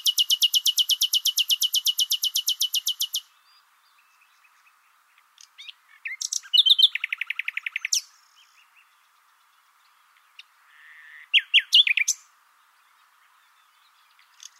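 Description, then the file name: Common nightingale song opening with a fast, loud, machine-gun run of repeated notes, followed after pauses by a rolling trill and brief chirping phrases. "Luscinia megarhynchos"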